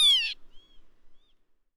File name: Vanneau-huppé